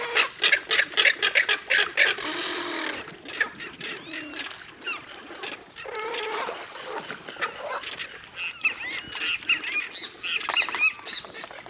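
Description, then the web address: Jabiru calls, rapid loud clattering bursts in the first seconds, then hoarse squawks and rasping harmonic calls alternating with dry clicks. Recorded in the Pantanal. "sescpantanal. Tuiuiu"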